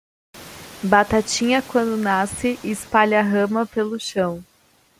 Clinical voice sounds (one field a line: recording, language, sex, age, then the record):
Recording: short text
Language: Brazilian Portuguese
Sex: female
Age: 20 to 29 years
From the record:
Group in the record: control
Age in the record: 28 years